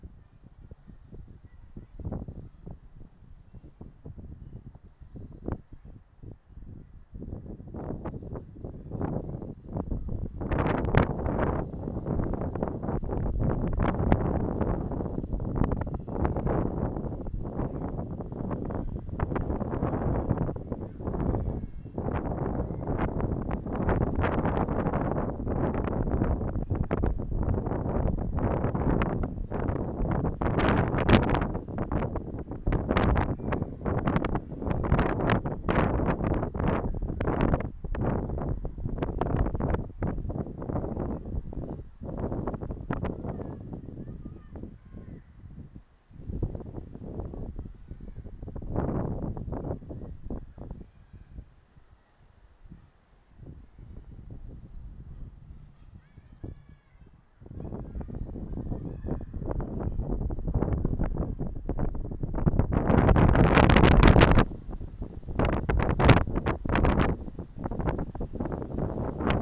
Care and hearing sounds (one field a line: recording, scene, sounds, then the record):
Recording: everyday scene through a hearing-aid microphone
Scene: wind on the microphone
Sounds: squally wind, voices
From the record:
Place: parking lot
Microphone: in the ear canal, left